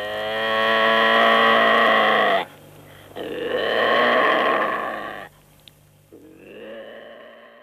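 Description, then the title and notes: Eurasian lynx yowling: a loud, strained, harmonic moan, then a second wavering yowl, and after a pause a softer, shorter moan. "Ilves. Paavo Hellstedt"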